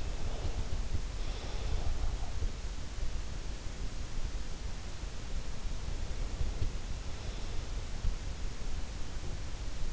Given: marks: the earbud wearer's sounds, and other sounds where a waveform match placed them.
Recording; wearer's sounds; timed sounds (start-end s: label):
sounds in sleep by an in-ear microphone; breath
0.00-2.19 s: breath